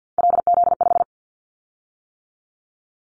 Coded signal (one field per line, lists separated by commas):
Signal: Morse code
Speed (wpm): 50 wpm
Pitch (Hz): 700 Hz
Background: none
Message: LZ5